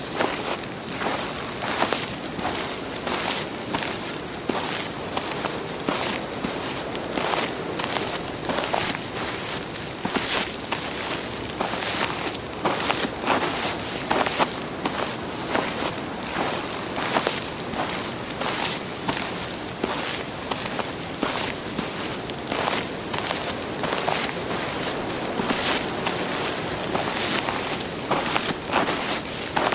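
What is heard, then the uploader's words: Footsteps crunch through dry leaves at a steady walking pace, each step a bright, crisp burst repeating roughly every half second for the whole stretch. A constant high, thin whine sits behind them, likely insects, with a soft rustle filling the gaps. Hiking Through the Forest. This episode features only natural soundscapes with no dialogue or voice.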